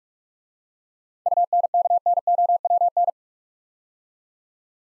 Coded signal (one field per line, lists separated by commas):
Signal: Morse code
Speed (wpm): 44 wpm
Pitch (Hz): 700 Hz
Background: none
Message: UNKNOWN